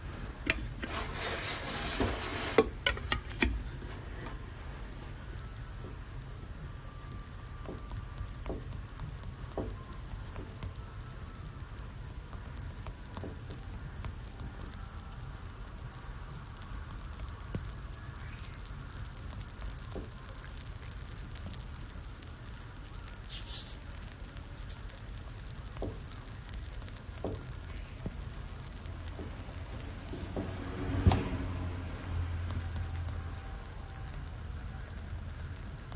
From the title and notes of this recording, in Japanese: 今朝は”グアテマラSHB”を焙煎。